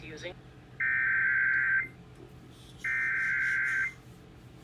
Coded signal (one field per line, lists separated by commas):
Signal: Emergency Alert System (SAME) tones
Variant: header bursts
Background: speech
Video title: A EHCHANCED RISK OF THE TORNADO EAS 100!!! EAS Alerts from 1/24/23 (EAS#81 & #115)